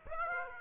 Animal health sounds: mosquito wingbeat signal from an infrared sensor; Aedes aegypti

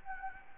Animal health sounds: mosquito wingbeat signal from an infrared sensor; Anopheles gambiae

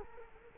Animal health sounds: mosquito wingbeat signal from an infrared sensor; Culex quinquefasciatus

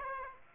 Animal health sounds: mosquito wingbeat signal from an infrared sensor; Aedes aegypti

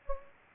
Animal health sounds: mosquito wingbeat signal from an infrared sensor; Anopheles gambiae

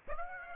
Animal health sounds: mosquito wingbeat signal from an infrared sensor; Aedes aegypti

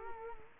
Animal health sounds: mosquito wingbeat signal from an infrared sensor; Culex quinquefasciatus

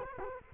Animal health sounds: mosquito wingbeat signal from an infrared sensor; Culex quinquefasciatus

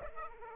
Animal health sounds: mosquito wingbeat signal from an infrared sensor; Aedes aegypti

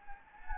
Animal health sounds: mosquito wingbeat signal from an infrared sensor; Anopheles gambiae

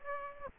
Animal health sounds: mosquito wingbeat signal from an infrared sensor; Aedes aegypti

